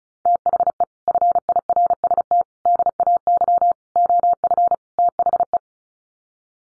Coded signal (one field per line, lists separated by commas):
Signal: Morse code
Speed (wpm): 34 wpm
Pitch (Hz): 700 Hz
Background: none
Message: THE FIRST DAY OF THE